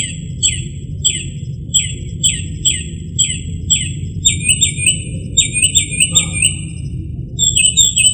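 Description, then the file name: Northern mockingbird song of descending slurred notes repeated about every half second, changing to quicker doubled phrases, with background hum. "kicauan-burung-northern-mockingbird -omkicau"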